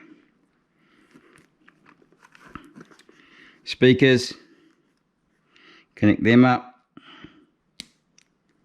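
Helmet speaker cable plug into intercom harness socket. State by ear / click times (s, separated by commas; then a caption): seated / 7.8 s. A helmet speaker cable plug for a Cardo Packtalk Black intercom is pushed into its mating socket on the intercom harness wiring, and unlike the microphone plug connected just before, it audibly clicks in and seats. Someone talks over faint handling taps and rustles. A sharp click is heard at 7.8 s.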